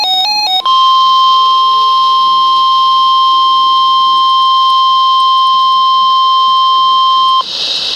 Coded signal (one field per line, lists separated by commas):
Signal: Emergency Alert System (SAME) tones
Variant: 1050 Hz attention tone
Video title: Flood Warning 4-18-13 (EAS#64-66) TRIPPLE HEADER